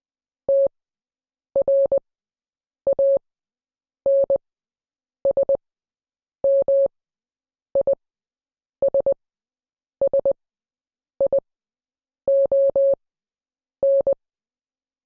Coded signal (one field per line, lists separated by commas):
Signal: Morse code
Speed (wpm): 20 wpm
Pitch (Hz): 550 Hz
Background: none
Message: TRANSMISSION